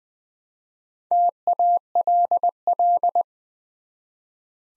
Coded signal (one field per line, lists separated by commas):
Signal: Morse code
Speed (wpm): 20 wpm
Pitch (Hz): 700 Hz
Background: none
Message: TALL